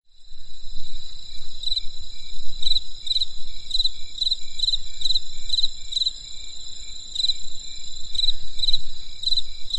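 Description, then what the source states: Insects calling: steady high trilling bands with repeated short bright chirps over low rumbling background noise. Insects calling on a winter night in the countryside; crisp sound.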